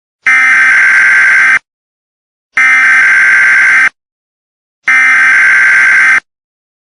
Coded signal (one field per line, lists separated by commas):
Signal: Emergency Alert System (SAME) tones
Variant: header bursts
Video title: EAS Scenario - The Zompocalypse